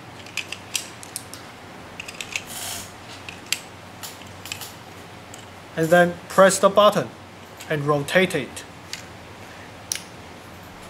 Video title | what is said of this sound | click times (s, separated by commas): RA-TECH WG ROTARY, GHK AKM WOOD KIT & VFC MP5A2 | you hear a click | 9.9 s